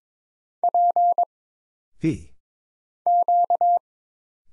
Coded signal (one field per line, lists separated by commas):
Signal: Morse code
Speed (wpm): 22 wpm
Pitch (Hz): 700 Hz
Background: none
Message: P Q